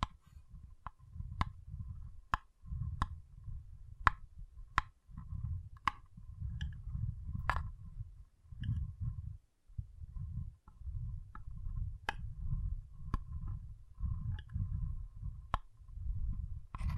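Water beads being squished and stirred give a soft, low, squelchy rumble that comes in short bursts with brief pauses. Sharp bright clicks and ticks cut through about once a second, and a faint thin tone hums faintly underneath.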